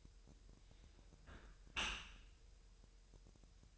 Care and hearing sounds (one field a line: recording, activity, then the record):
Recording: daily activity, microphone in the room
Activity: close dishwasher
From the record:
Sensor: 2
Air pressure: 1000.5 hPa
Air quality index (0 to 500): 247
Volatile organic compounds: 93 ppm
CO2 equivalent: 3708 ppm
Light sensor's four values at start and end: 9/22/9/9 and 9/22/9/9